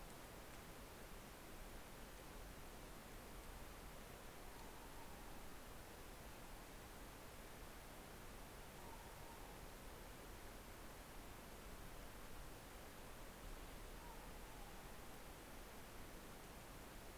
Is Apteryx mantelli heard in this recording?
no